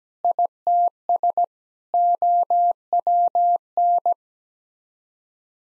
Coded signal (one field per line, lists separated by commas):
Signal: Morse code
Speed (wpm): 17 wpm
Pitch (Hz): 700 Hz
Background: none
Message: ITS OWN